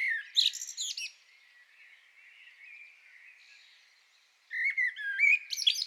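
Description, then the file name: Common blackbird: a squeaky twittering burst at the start, a quiet stretch of faint background calls, then another busy whistled phrase at the end. "Turdus merula"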